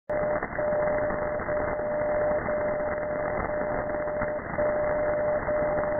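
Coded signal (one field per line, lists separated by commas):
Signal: radio time signal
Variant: DCF77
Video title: 77 5 kHz DCF77 Jan 20,2020 1944 UTC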